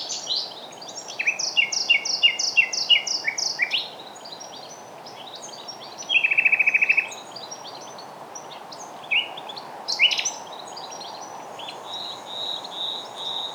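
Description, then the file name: Common nightingale song: rapid repeated chirping notes, then a loud buzzy rattle around the middle, followed by scattered whistles and chirps over constant hiss. "Luscinia megarhynchos"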